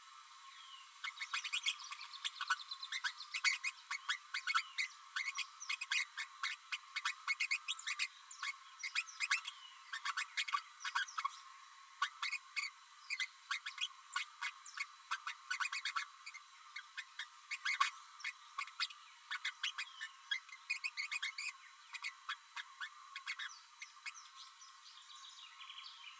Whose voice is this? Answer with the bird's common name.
Green-rumped Parrotlet